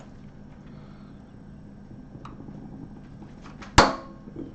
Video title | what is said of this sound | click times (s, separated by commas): How to Open and Close a Watch (Pressure Sealed) | right did you hear that it was more than a click so let's see how are | 3.8 s